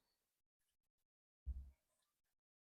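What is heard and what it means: A cable plug is brought closer and lined up with the socket on a GE dishwasher circulation pump motor during a pump replacement, before it is pushed in. The clip is mostly quiet, with one short, low, dull handling bump from about 1.5 to 1.7 s. Nothing has seated or clicked yet.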